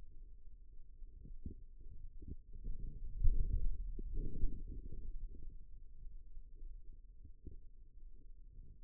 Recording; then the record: forearm muscle sounds (acoustic myography)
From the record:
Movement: pen grasping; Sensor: system 2, bracelet of six BSWA MPA416 microphones around the upper forearm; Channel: 4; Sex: male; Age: 22 years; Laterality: right